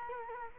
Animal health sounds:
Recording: mosquito wingbeat signal from an infrared sensor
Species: Culex quinquefasciatus

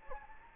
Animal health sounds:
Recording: mosquito wingbeat signal from an infrared sensor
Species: Anopheles gambiae

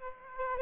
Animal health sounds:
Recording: mosquito wingbeat signal from an infrared sensor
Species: Aedes aegypti

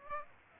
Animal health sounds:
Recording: mosquito wingbeat signal from an infrared sensor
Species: Aedes aegypti

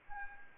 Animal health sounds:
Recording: mosquito wingbeat signal from an infrared sensor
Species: Anopheles arabiensis

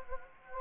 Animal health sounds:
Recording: mosquito wingbeat signal from an infrared sensor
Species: Anopheles gambiae

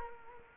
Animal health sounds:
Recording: mosquito wingbeat signal from an infrared sensor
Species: Culex quinquefasciatus

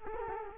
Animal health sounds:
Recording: mosquito wingbeat signal from an infrared sensor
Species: Culex quinquefasciatus

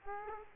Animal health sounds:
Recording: mosquito wingbeat signal from an infrared sensor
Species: Aedes aegypti

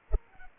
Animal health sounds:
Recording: mosquito wingbeat signal from an infrared sensor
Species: Culex pipiens

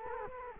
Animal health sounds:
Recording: mosquito wingbeat signal from an infrared sensor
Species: Culex quinquefasciatus

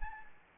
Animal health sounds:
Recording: mosquito wingbeat signal from an infrared sensor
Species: Anopheles gambiae

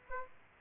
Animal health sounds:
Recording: mosquito wingbeat signal from an infrared sensor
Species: Aedes aegypti

